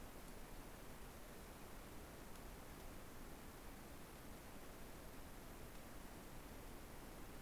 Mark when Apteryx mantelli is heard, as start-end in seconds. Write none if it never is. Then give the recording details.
none. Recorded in New Zealand on 24 November 2015. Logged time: 04:12. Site DD67